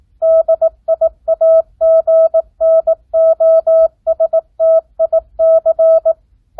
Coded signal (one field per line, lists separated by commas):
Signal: Morse code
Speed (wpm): 18 wpm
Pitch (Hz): 650 Hz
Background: none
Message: DIAGNOSTIC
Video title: Recieve Morse Code 9th Grade